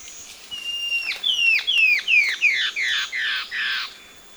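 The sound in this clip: Bird repeats a downslurred, slightly harsh note about three times a second, the notes growing buzzier and lower as the run ends, against a soft steady background whine.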